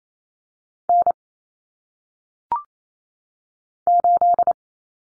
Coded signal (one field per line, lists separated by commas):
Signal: Morse code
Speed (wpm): 28 wpm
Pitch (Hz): 700 Hz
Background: none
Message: N 8